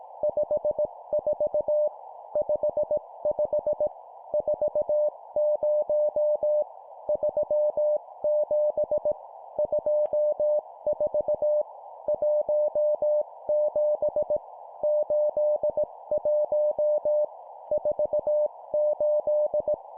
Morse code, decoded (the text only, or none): 54 55 40 37 24 17 81 48